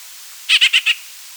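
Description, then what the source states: White-winged grosbeak calls: a quick series of four short, bright, slightly buzzy notes delivered within half a second, over a quiet background. Calls and song.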